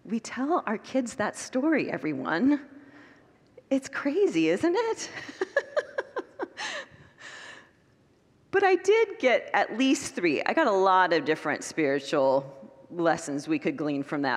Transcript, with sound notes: We tell our kids that story, everyone! It’s crazy, isn’t it? [Laughs] But I did get at least three — I got a lot of different spiritual lessons we could glean from that.